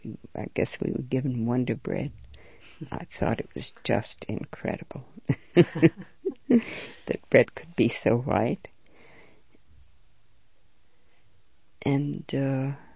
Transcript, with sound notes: I guess we were given Wonder Bread. I thought it was just incredible. ( she laughs ) That bread could be so white. And, uh,